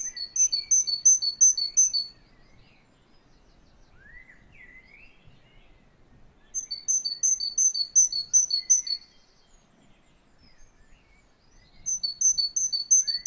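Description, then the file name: Great tit song: three bouts of fast, bright, repeated high notes, with softer scattered chirps and a rising note in the pauses between. "Canto do chapins real"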